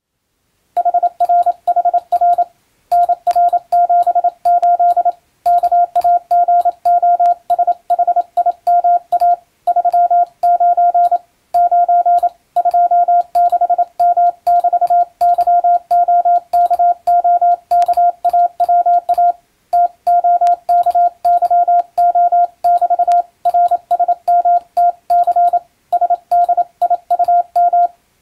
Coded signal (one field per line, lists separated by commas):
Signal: Morse code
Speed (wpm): 27 wpm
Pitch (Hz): 700 Hz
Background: radio noise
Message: HRHR NR78 KAGOSHIMA 39 9 26M<BT>YOKOKAWA TOKYO<BT> RSMTC SDIUM